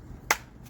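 The second side of a removable plastic visor is pushed into the mounting hole on a Zenroll bicycle helmet. A single sharp snap is heard at 0.3 seconds, with a faint trailing tick shortly after. The visor tab snaps into place and is seated, leaving the visor attached to the helmet.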